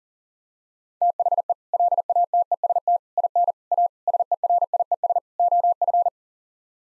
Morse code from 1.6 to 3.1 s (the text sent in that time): LATEST